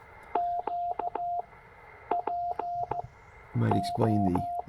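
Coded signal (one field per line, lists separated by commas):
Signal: Morse code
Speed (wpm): 15 wpm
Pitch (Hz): 700 Hz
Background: speech, radio noise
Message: Q PO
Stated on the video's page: CW park activation at Stewart State Forest, Tennessee, keyed on a 1950s-60s Czech Army straight key with a Penntek TR45L; site has no RFI noise.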